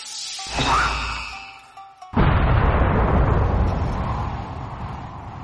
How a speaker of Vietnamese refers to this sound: Tiếng nổ lớn vang vọng khắp thiên địa, bốn phía nước biển cuộn trào, bùn đất ở bên bờ vỡ vụn.